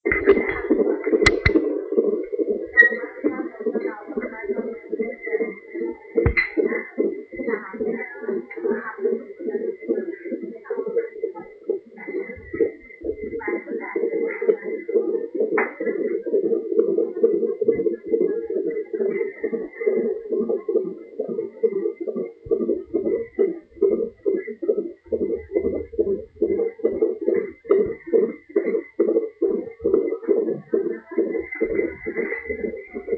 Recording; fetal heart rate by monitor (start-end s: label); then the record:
fetal heart sounds by stethoscope on the mother's abdomen
0.00-10.00 s: 144 bpm
10.00-20.00 s: 132 bpm
20.00-30.00 s: 137 bpm
From the record:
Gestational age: 40 weeks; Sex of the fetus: boy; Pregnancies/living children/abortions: 3/2/0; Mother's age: 35 years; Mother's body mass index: 28.8